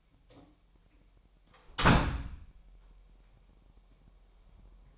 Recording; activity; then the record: daily activity, microphone in the room; close door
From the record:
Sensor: 1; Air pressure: 998.4 hPa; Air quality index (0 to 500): 134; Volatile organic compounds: 4 ppm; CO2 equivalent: 1608 ppm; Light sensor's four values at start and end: 18/61/24/25 and 18/61/24/25